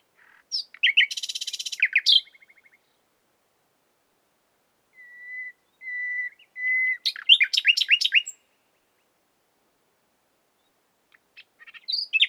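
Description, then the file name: Common nightingale song phrases: a buzzy rapid trill, then a pause, pure whistled notes and a burst of sharp varied chirps, ending after silence with more notes. "Luscinia megarhynchos"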